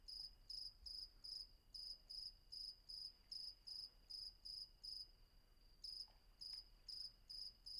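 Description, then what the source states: Cricket chirping in regular high bursts, with a short gap late, a faint steady tone and a few soft clicks. Night ambience with crickets at Vagia, Patmos, Greece; recorded with a Fostex FR-2 and an MKH800 microphone.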